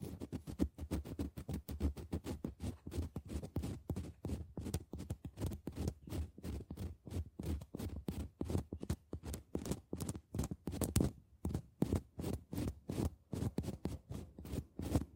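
Scratching on boxes and hollow objects, made of rapid rough strokes that repeat continuously for the whole stretch. Each stroke has a low, woody thump under a dry rasp, with short gaps between bursts, especially around eleven seconds and again in the last few seconds.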